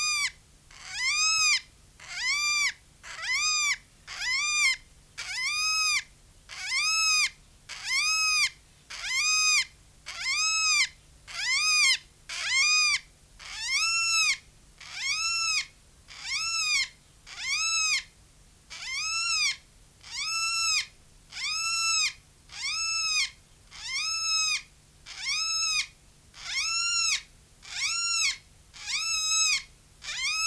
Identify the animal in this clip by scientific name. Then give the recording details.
Coracopsis vasa. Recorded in captivity. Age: adult. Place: Zoo Berlin, Berlin, DE. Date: 1993-06-05 10:24. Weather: 20-25°C, sonnig. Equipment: Marantz CP 430, Sennheiser ME 80, Kopie Uher Variocord 263. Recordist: Tembrock, Günter